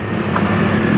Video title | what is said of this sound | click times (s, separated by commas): Cara ganti kampas rem belakang Mio m3 125 | sampai mengunci seperti ini tuh ini ini macet jika dikunci rentangan ya | 0.4 s